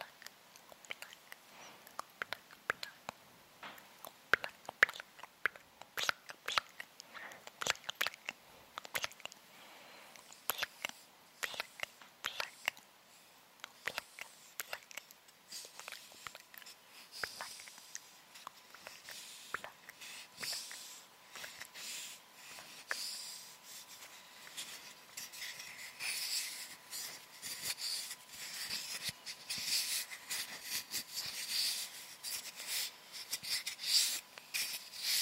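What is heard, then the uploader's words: Mouth sounds: wet clicks and smacks, sparse at first, then denser with brighter hissy lip noises after the midpoint. Binaural Triggers. Mouth Sounds.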